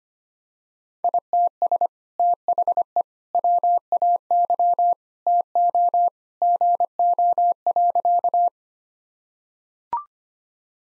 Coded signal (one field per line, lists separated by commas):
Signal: Morse code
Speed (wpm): 25 wpm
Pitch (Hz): 700 Hz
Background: none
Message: ITS THE WAY TO GO.